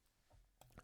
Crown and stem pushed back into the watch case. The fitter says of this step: pushing it back in. It's got a nice positive click and that reinstates the 100 meter oftic seal